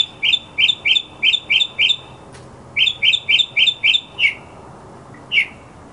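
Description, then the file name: Mockingbird song: a run of bright, sharp chirps repeated about four per second, a brief pause, another matching run, then one lone note near the end. Masteran (tutor) sound for songbirds, uploaded November 2014. "suara masteran mockingbird"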